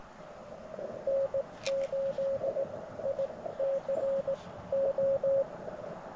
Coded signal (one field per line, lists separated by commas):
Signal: Morse code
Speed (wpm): 18 wpm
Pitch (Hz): 550 Hz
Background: radio noise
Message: N 8 I C O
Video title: QRP CW POTA Activation - 9/19/23 @ Tuskegee National Forest (K-4451)